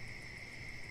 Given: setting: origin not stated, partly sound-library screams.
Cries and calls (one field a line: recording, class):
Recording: one-second piece from a danger detection set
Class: normal situation